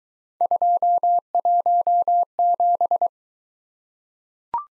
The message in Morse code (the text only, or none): 217